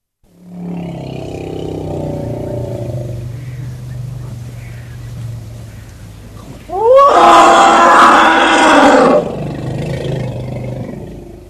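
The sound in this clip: African bush elephant rumbling low for several seconds, then a loud, harsh, brassy trumpet blast, followed by more low rumbling.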